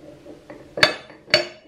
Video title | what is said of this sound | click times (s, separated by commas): arbor press modifications part #1 grinding teeth off | two clicks now | 0.8 s, 1.3 s